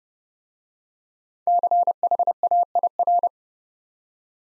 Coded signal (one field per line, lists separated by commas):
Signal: Morse code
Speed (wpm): 29 wpm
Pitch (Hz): 700 Hz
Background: none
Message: CHAIR